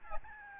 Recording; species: mosquito wingbeat signal from an infrared sensor; Aedes albopictus